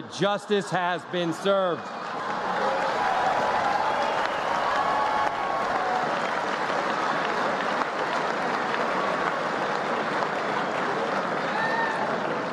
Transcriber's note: applause